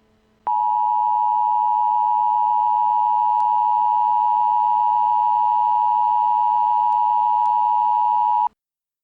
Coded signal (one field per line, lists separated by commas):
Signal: Emergency Alert System (SAME) tones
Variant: 853 and 960 Hz attention tone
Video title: AndrewSilverman's Old Channel Invasion (2020) (EAS Scenario)